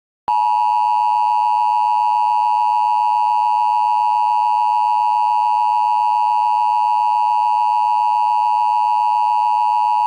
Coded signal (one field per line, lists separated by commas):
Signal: Emergency Alert System (SAME) tones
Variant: 853 and 960 Hz attention tone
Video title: EAS Recreation Mock: York County, PA Tornado Warning 07/26/08 (Speechify/ScanSoft Tom Test)